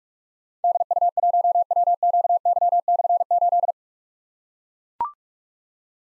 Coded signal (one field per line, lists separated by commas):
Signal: Morse code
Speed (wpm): 44 wpm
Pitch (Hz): 700 Hz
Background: none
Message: DU1WQY/8